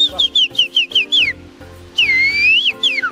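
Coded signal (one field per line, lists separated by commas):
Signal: whistled language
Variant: Turkish bird language (Kuş dili)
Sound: series of five short falling whistles, pause, then long swooping whistle and falling glide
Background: low background hum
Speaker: she's calling for her goats and sheeps to get around to come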